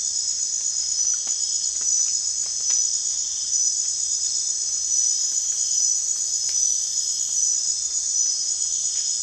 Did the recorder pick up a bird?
no